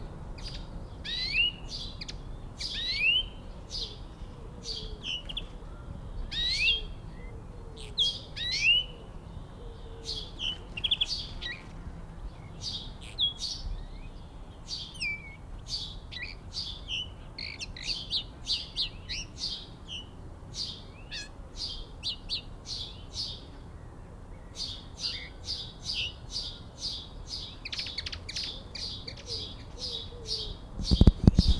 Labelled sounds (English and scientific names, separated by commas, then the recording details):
European Greenfinch (Chloris chloris) call
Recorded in the wild
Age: adult
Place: Zepernick, Barnim, Brandenburg, DE
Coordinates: 52.6497, 13.5435
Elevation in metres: 75
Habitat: garden
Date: 2014-04-21 07:45
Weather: sunny, 10°C, weak winds
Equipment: Sound Devices 702, Sennheiser MKH 70, Rycote Windschutz
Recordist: Frommolt, Karl-Heinz